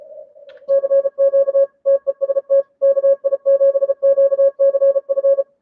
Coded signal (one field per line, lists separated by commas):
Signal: Morse code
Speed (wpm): 32 wpm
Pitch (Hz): 550 Hz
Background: none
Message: CQ TEST KI7QCF